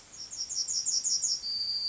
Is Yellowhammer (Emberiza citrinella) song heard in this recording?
yes